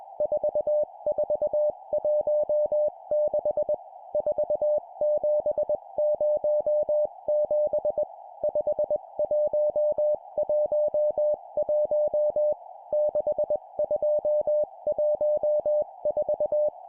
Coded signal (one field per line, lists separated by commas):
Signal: Morse code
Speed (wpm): 21 wpm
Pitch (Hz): 600 Hz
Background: music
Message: 4416 4707 5111 6214